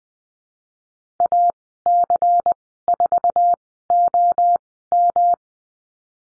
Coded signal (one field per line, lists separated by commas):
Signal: Morse code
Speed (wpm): 20 wpm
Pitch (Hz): 700 Hz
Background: none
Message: AC4OM